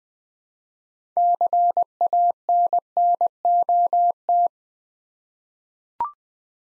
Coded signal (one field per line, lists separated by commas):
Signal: Morse code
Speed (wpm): 20 wpm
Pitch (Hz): 700 Hz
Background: none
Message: CANNOT